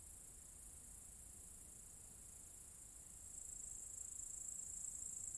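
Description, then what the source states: Cicadas, one unbroken high, thin buzzing drone that grows slightly louder in the last seconds. Several cicadas in an apple tree orchard at Zalensų Sodybos, Lithuania, recorded 23 August 2015.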